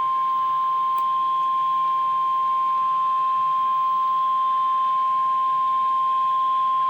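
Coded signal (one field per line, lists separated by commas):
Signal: Emergency Alert System (SAME) tones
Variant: 1050 Hz attention tone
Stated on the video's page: Real EAS severe weather statement.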